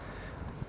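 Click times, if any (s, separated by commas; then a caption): none. An old plastic gas cap is screwed onto the fuel filler neck of a 2014–2018 Hyundai Sonata. Only a steady low rumble and faint noise are heard, with a soft low thud near 0.6 s. The cap has not clicked, since it no longer gives its ratchet click and needs replacing.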